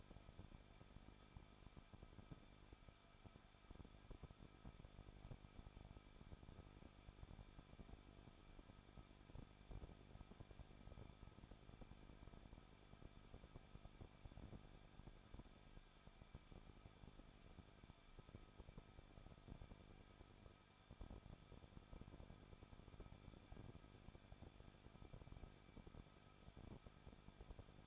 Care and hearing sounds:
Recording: daily activity, microphone in the room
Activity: no activity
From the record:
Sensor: 5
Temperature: 20.9 degrees Celsius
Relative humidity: 38.2%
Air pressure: 1006.4 hPa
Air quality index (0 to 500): 187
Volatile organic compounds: 18 ppm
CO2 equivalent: 2626 ppm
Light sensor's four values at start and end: 2/3/1/1 and 2/3/1/1

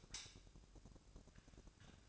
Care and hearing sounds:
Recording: daily activity, microphone in the room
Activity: light off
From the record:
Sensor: 2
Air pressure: 1007.8 hPa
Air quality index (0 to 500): 95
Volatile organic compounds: 1 ppm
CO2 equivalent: 719 ppm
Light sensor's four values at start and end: 8/19/8/8 and 8/19/8/8

